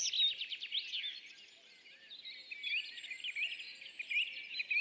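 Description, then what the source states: Tree pipit song opening with a fast rattling trill of high notes, then varied chirps and whistled phrases. Displaying tree pipit days back from migration, singing atop isolated tree by meadow, sometimes rising then parachuting down; La Sarcena, Val Drôme, France, 27 April 2020; Nagra Seven, MKH40.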